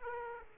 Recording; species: mosquito wingbeat signal from an infrared sensor; Aedes aegypti